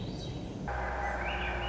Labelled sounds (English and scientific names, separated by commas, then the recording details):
Swainson's Thrush (Catharus ustulatus)
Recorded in Sonoma County, California